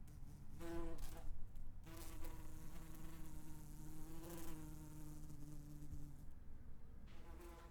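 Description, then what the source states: Wasp buzz, a wavering low drone with a louder burst near the start, then settling into a steadier hum. Wasp buzzing while flying around.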